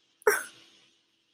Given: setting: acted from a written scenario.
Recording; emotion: vocal sound without words; sadness